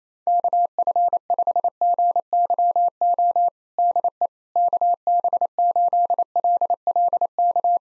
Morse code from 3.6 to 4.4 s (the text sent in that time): DE